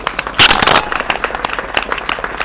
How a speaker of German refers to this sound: Applaus.